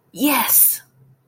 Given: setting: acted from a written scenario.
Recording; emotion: vocal sound without words; triumph